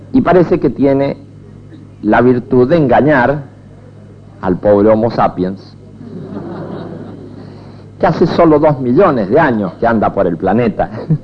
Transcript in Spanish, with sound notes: y parece que tiene la virtud de engañar al pobre Homo Sapiens, (risas) que hace sólo dos millones de años que anda por el planeta.